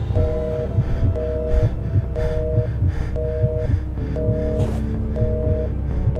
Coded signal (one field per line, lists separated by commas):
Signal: telephone call progress tone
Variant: North America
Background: music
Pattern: busy tone